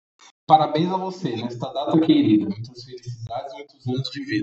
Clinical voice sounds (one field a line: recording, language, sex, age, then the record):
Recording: short text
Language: Brazilian Portuguese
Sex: male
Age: 20 to 29 years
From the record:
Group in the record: control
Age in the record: 21 years